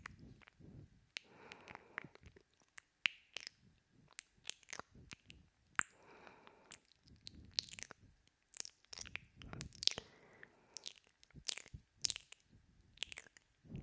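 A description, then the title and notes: Wet mouth sounds: sharp smacks, clicks and squishy chewing noises come in irregular clusters throughout. Bright, crisp snaps punctuate softer gooey stretches, with brief quiet gaps between bursts and a low murmur underneath at times. ASMR Pure Wet Mouth Sounds.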